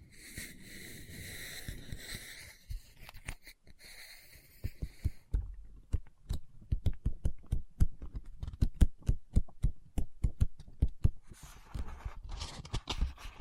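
Scratching on a book for the first five seconds, then a long run of quick, sharp taps, with another rough rustle near the end.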